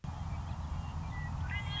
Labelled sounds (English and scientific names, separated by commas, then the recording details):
Western Meadowlark (Sturnella neglecta)
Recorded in Sonoma County, California